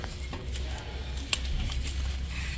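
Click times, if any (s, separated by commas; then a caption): 1.3 s. A wiring connector is plugged into the starter solenoid switch before the starter is fitted during a starter replacement on a 2018-2023 Chevy Traverse or Buick Enclave. Amid faint handling noise, a sharp click at 1.3 seconds confirms the connector has seated.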